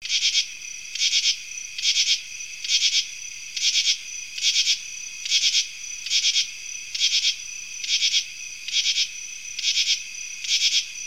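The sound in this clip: Northern true katydid calling: harsh, raspy bursts of two or three pulses, repeated steadily over a constant high hum.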